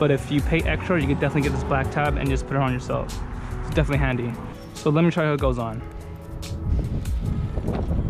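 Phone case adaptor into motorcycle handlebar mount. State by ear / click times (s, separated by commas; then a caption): not seated / none. Someone talks over background music while handling a phone in its case, bringing its adaptor toward a motorcycle handlebar mount whose plastic locking mechanism snaps in to show it is secure. Faint handling noises come near the end, around 7.0 and 7.6 seconds. The clip ends before the part goes home, so nothing has seated or clicked yet.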